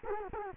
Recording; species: mosquito wingbeat signal from an infrared sensor; Culex quinquefasciatus